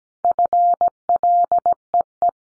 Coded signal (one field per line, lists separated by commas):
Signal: Morse code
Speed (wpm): 17 wpm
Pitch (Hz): 700 Hz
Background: none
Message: FLEE